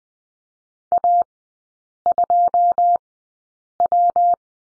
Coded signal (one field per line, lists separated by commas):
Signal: Morse code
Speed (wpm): 20 wpm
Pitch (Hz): 700 Hz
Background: none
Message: A2W